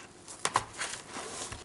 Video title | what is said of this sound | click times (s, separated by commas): Sena 20S unboxing and install - #24 Hyosung GV650 Darwin NT Motoblog | inserts just snap into place of these little grommets here and they just snap | 0.5 s, 0.6 s